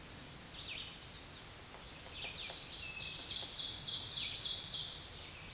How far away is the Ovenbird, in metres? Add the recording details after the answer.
about 20 m. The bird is about 5 m above the microphone. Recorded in a Pennsylvania forest on 16 May 2024 at 07:05. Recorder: AudioMoth, point MSD-2287. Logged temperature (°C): 11.2 °C. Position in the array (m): 147 m, 4 m